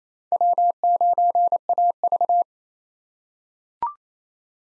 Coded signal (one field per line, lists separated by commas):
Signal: Morse code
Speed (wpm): 28 wpm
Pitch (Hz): 700 Hz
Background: none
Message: W9AV